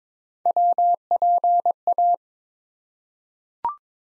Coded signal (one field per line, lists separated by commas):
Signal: Morse code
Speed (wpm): 22 wpm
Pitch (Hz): 700 Hz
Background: none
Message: WPA